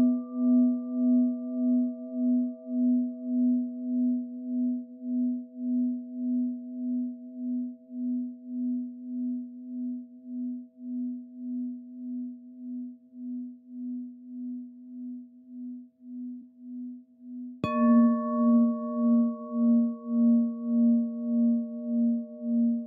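A singing bowl hums with a steady wavering pulse, slowly fading until a fresh strike near eighteen seconds renews its bright, ringing tone.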